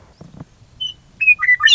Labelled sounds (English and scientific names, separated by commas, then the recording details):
Western Meadowlark (Sturnella neglecta)
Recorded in Sonoma County, California